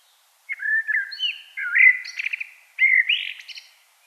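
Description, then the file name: Common blackbird song: mellow fluting warbled phrases that break into a higher squeaky twitter at the end, in two bursts over a quiet background. "Turdus merula"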